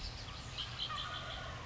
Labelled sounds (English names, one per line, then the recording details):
Red-winged Blackbird
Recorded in Sonoma County, California